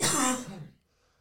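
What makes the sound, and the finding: Cough / throat clearing.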